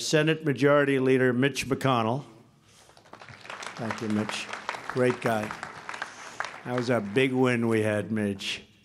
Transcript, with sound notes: Senate Majority Leader Mitch McConnell. (Applause.) Thank you, Mitch. Great guy. (Applause.) That was a big win we had, Mitch.